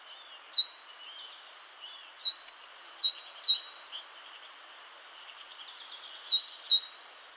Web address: SETE data Parus major